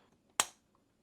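A karambit ring attachment bar is pushed into the channel of a folding knife handle until the small pins on both sides click into place. A single sharp, bright click sounds at 0.4 s and fades within about 0.2 s over a quiet background, with no talk. The attachment is seated and locked solid, with no side-to-side movement.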